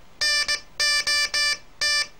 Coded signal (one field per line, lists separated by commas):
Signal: Morse code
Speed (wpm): 19 wpm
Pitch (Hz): 1750 Hz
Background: music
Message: NOT